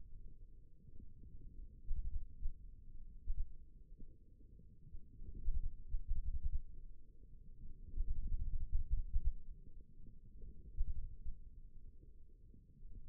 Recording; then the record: forearm muscle sounds (acoustic myography)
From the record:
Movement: forearm supination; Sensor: system 1, eight BSWA MPA416 microphones around the upper forearm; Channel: 4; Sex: male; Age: 28 years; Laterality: right